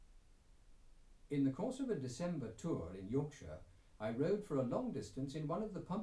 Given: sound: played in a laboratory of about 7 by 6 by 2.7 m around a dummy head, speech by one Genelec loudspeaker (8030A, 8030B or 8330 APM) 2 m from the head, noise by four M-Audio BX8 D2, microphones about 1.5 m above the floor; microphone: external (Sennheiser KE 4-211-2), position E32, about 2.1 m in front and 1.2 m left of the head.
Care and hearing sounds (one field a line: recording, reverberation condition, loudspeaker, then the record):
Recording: male speech in English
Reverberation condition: low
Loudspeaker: 30 degrees to the right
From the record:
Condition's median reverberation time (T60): about 310 ms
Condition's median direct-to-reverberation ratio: about 3.5 dB